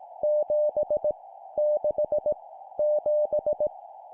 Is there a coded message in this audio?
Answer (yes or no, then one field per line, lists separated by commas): yes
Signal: Morse code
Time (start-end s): 0.2-3.7 s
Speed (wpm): 18 wpm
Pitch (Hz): 600 Hz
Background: none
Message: 7 6 7